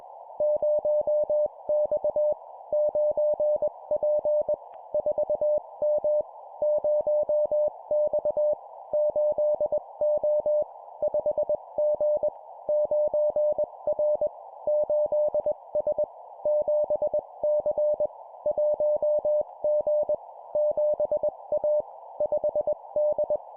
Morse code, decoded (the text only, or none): 0X 9P 4M 0X 8O 5G 9R 8S 7C 1G 7A 5D